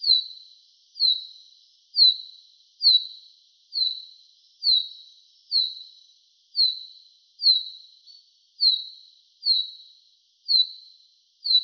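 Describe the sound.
Common chaffinch repeating a high, sharp, downward-slurred note steadily, about once a second, for the whole stretch.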